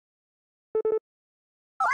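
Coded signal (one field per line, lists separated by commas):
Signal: none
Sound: music tones in song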